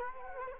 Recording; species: mosquito wingbeat signal from an infrared sensor; Culex quinquefasciatus